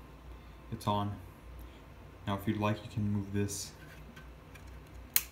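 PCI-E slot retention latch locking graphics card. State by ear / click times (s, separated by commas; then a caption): seated / 5.2 s. The plastic retention latch on a PCI-E slot is moved in to lock a graphics card in place while someone talks. A loud, sharp click comes at 5.2 seconds, and the card is locked and secure.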